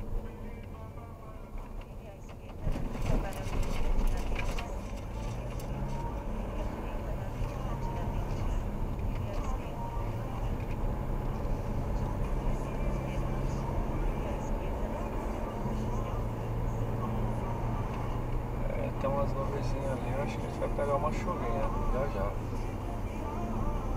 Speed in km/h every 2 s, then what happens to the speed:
11, 10, 19, 27, 29, 36, 39, 46, 47, 51, 50, 49.
2-17 speeds up to 51. 17-24 steady at about 50.